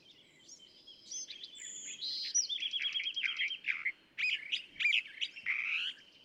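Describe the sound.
Varied California thrasher song with a long rattling series of repeated notes, then sweeping whistled and squeaky phrases, over faint steady background noise.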